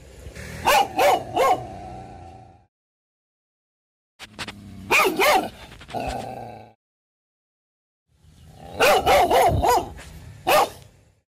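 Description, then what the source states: Dog barking in three bursts of rapid, harsh barks, each burst of several barks separated by brief silence. Terrifying dog barking.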